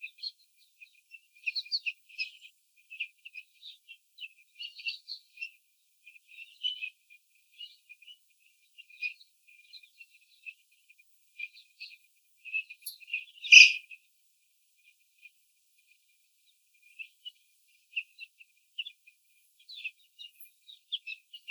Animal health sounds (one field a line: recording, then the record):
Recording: young laying hens in a cage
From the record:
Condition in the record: before the stressor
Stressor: sudden umbrella opening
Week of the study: 3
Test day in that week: 2